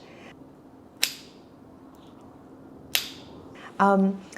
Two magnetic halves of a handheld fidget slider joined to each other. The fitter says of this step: So, you can hear that clicking sound when I put them together.